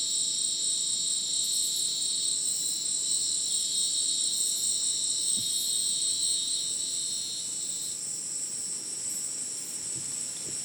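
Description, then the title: Crickets trill in a dense, even high-pitched chorus; one lower band drops out after about eight seconds while the upper ringing continues. Dense insect chorus likened to a polyrhythmic electronic concert, after sunset in dense rainforest, Madidi National Park, Ucumari, Bolivia; very high insect density; AT BP4029 microphone, MixPre 6 recorder. "Madidi National Park, Ucumari, Bolivia - Supersonic Crickets in the rainforest"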